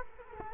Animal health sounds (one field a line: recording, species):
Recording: mosquito wingbeat signal from an infrared sensor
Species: Culex quinquefasciatus